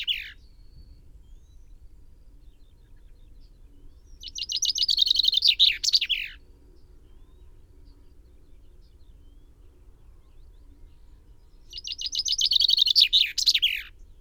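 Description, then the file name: Common chaffinch giving a rattling song that ends in a flourish, then a second song about eight seconds later that runs to the end. The tail of an earlier song is heard at the start. "Fringilla coelebs"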